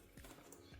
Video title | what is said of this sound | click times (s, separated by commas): 2020-2026 CHEVY BLAZER 2.0L(LSY)- Service Intake Air Pressure and Temperature Sensor | And then lock it. | 0.5 s